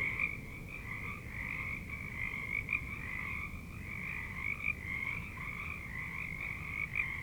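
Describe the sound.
Frog: soft continuous chorus of croaking frogs, trills running together, with low-pitched background rumble throughout.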